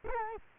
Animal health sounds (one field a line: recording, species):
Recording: mosquito wingbeat signal from an infrared sensor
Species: Culex quinquefasciatus